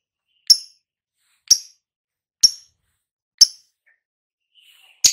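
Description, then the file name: Lovebird calls: four thin, high chirps evenly spaced about one second apart, then a faint short squeak and a final sharp note. Recording described as lovebird ngekek, auto gacor (vocalising readily and continuously). "suara burung lovebird ngekek auto gacor"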